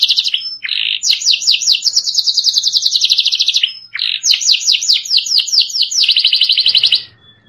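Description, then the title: Canary song, a long run of rapid trills and rolling phrases around high pitch, each tour of repeated notes shifting to the next with brief pauses between. "Kenari"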